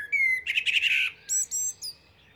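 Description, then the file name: Common blackbird gives a brief fluty whistle, then a chattering burst, then a few thin, squeaky high notes closing the phrase. "Turdus merula"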